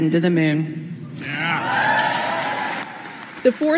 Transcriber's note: applause